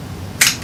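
The frizzen (steel) on a flintlock pistol lock is flipped open against its spring, and a single loud, sharp, bright snap rings out at 0.4 s over a quiet low rumble, then decays quickly. The frizzen is released open, exposing the priming pan.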